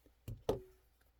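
While the pivot screw is tightened on a reassembled Kunwu Compadre folding knife, the D-shaped pivot is rotated until it pops into its seat in the handle. A softer tap at 0.3 s is followed by a sharp, ringing pop at 0.5 s that decays slowly. The pivot is confirmed seated.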